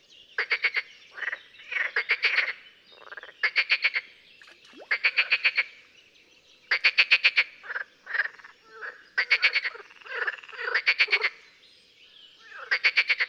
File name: Grenouille rieuse